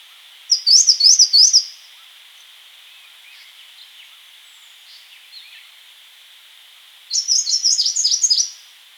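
Grey-cheeked warbler singing high, rapid twittering phrases of quick up-and-down notes, two bursts separated by a long pause, over a steady hiss.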